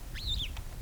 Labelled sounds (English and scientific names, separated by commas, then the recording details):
Superb Starling (Lamprotornis superbus) flight call
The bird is a female
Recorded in Kenya on 27 April 2009 at 08:29
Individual 37, of group DRT2